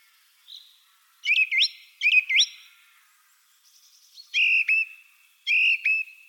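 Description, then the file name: Song thrush singing clear whistled phrases, each given twice in a row: two swooping phrases, then a sharp phrase repeated. "Drozd pevchij Turdus philomelos - Penie"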